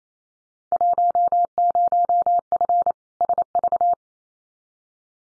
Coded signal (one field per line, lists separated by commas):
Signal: Morse code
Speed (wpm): 28 wpm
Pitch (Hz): 700 Hz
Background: none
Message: 10F SV